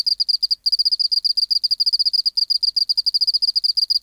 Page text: 412:14 Teleogryllus oceanicus (514r2). BioAcoustica. Natural History Museum Sound Archive. Recording Location: BMNH Acoustic Laboratory Recorded by: W. J. Reynolds Date Recorded: Mandag, marts 19, 1984 Local time: 1115